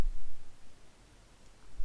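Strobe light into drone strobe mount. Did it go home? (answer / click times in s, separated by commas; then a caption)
no / none. A small plastic strobe light is handled and pressed toward its plastic strobe mount on a DJI Mini 2 drone, producing low, muffled handling rumbles that are loudest at the start, fade through the middle and swell again at the end. The clip stops before the light pops into the mount; nothing has seated or clicked yet.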